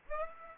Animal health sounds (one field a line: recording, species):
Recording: mosquito wingbeat signal from an infrared sensor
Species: Aedes aegypti